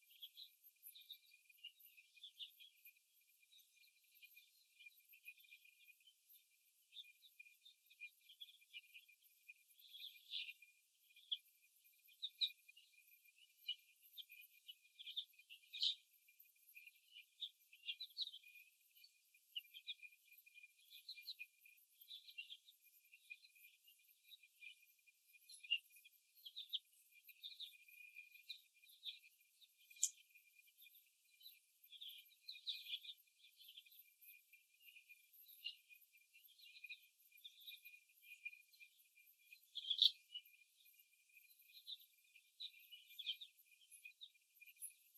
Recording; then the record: young laying hens in a cage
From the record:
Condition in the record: before the stressor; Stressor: simulated dog barking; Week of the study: 1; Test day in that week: 2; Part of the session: 1